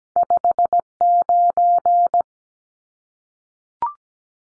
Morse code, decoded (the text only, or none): 59